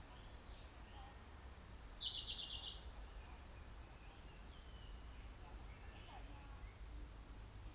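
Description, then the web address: Siberian blue robin song: a few thin, high, evenly spaced notes, then a short, loud, rapid jumbled trill lasting about a second, over a steady low rumble. "nagaike koruri"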